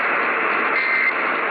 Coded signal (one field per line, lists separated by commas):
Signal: Emergency Alert System (SAME) tones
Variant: end-of-message bursts